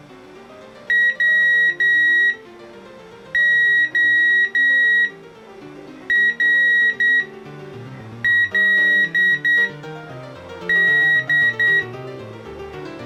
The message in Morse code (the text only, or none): WORLD